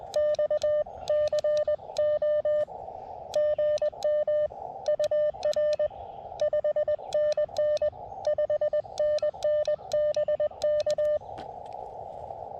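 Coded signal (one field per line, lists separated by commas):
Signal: Morse code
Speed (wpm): 20 wpm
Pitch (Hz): 600 Hz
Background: none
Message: XCO GM UR 5NN 5NNBK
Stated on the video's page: CW Parks on the Air activation at a state park with an Elecraft KX2 and AX2 antenna with 40m coil.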